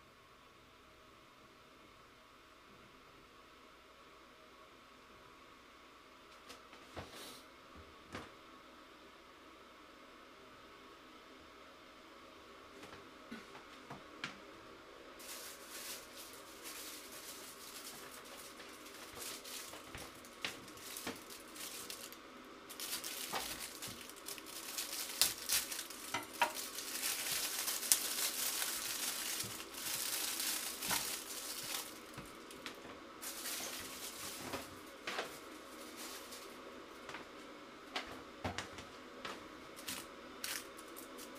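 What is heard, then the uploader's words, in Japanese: Cooking tomato sauce pasta in a small kitchen, quiet at first, then clinks of pans and utensils and a loud sizzling hiss from about fifteen seconds. 環境音 トマトソースパスタの一部始終。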